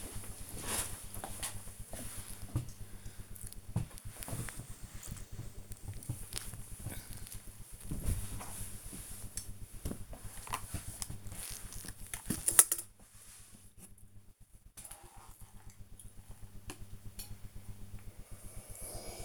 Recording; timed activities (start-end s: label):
household activities, microphone on the right wrist
3.36-19.25 s: ironing laundry